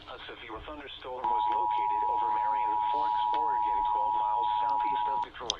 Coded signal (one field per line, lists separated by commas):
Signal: Emergency Alert System (SAME) tones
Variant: 853 and 960 Hz attention tone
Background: speech